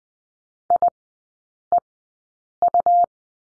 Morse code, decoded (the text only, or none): IEU